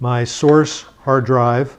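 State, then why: Not seated. A source SATA hard drive, the smaller original drive to be cloned, is being handled for insertion into the source slot of a dual-bay USB docking station. Only someone talking is heard over about 1.8 seconds. Nothing has seated or clicked yet.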